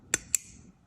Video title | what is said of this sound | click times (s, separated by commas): 3 newest knives I’ve picked up… civivi, crkt, & guardian eagle | it's a click and then I'm able to push it in it's | 0.1 s, 0.3 s